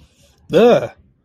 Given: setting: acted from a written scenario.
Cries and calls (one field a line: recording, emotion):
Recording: vocal sound without words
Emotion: fear